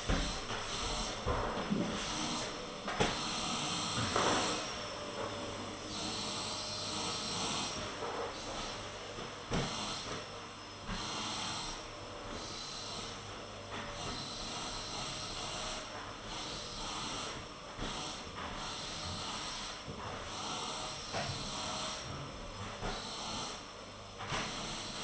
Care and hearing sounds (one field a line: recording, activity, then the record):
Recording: daily activity, microphone in the room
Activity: vacuum cleaning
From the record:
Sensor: 4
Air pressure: 996.0 hPa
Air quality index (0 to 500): 47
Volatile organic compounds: 1 ppm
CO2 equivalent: 751 ppm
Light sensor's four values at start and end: 18/46/18/19 and 17/45/17/18